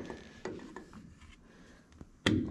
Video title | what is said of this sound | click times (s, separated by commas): 500 Hour Service On A Takeuchi TB260 | just a little tad, you kind of heard it pop and go on, and then this | 2.3 s